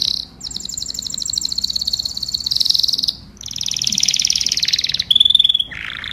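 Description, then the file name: Canary song made of continuous rapid trills that switch tempo and pitch every second or two, ending in a clear whistled tour and a lower rolling phrase. "Tieng chim hoang yen hot"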